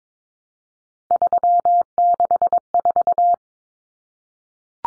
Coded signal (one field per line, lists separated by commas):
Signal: Morse code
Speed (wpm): 22 wpm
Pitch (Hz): 700 Hz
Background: none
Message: 364